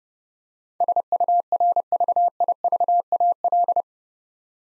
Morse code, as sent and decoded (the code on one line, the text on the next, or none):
... ..- .-. ...- .. ...- .- .-..
SURVIVAL